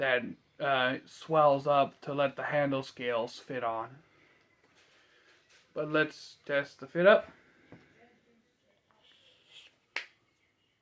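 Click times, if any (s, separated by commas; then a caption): 10.0 s. Someone talks, then a fixed-blade bait knife is pushed into its fitted sheath to test the fit. A sharp click is heard at 10.0 s as the knife snaps in and seats, holding with good retention.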